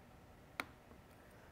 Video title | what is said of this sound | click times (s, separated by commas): INTENSE Tazer MX Alloy Unboxing | once you hear that click we know the cable has been installed properly | 0.6 s